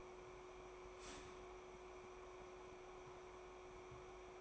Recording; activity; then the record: daily activity, microphone in the room; start toaster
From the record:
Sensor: 1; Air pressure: 1014.7 hPa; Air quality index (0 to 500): 200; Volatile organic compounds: 34 ppm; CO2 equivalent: 3038 ppm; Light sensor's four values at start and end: 3/8/3/3 and 3/8/3/3